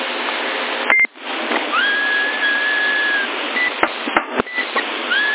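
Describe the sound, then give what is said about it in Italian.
A steady, fairly high whistle on a busy CB radio channel drifts over hissing, band-limited radio static for about a second and a half, with sharp clicks and squelch breaks and another brief whistle at the end. “Ma chi è che fischia? No, sento che è un canale occupato.”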